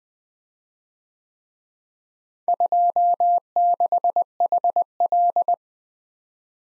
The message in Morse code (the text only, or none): 26HL